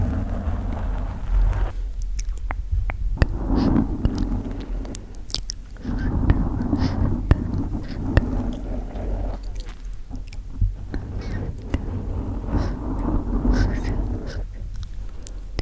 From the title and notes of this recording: ASMR Mic Scratching & Gentle Mouth Sounds.